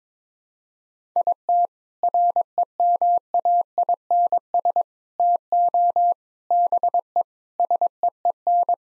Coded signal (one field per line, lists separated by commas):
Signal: Morse code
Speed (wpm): 22 wpm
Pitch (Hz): 700 Hz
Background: none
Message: IT REMAINS TO BE SEEN